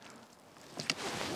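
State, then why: Seated. The first plastic grab clip of a folding table top is snapped onto the aluminum frame, giving two short clicks at 0.8 s and 0.9 s over a low background hiss. The clip seats in place.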